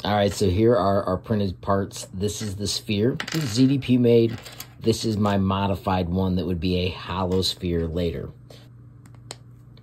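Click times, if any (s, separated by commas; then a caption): 9.3 s. Someone talks for about eight seconds, then two 3D-printed plastic hemispheres are pressed together by hand. After a few faint ticks, a sharp click at 9.3 s marks one of the two snap-fit tabs engaging. The other tab is pushed back out as it snaps, so the ball is only partly joined.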